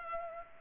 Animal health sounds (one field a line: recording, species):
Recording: mosquito wingbeat signal from an infrared sensor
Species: Culex pipiens